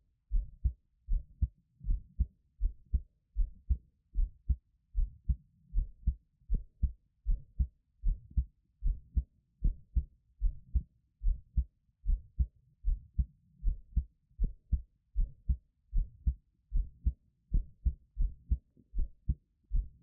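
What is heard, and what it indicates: Soft, low, thudding heartbeats repeat steadily at about 77 beats a minute, each a muffled lub-dub pair, with no talking and a quiet background. This is an adult's own heartbeat heard close up for Taiwanese ASMR listening, with a regular rhythm and rate.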